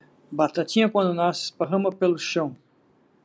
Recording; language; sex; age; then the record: short text; Brazilian Portuguese; male; 60 to 69 years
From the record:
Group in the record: control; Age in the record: 62 years